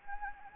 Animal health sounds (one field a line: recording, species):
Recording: mosquito wingbeat signal from an infrared sensor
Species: Anopheles gambiae